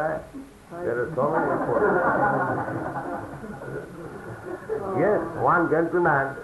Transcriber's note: laughter